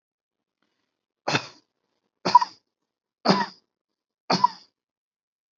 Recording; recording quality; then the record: shallow voluntary cough; excellent, no background noise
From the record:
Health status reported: healthy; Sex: male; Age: 37 years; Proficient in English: yes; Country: India